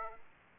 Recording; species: mosquito wingbeat signal from an infrared sensor; Aedes aegypti